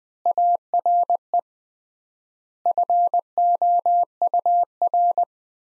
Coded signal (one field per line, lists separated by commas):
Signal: Morse code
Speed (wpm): 21 wpm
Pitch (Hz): 700 Hz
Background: none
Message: ARE FOUR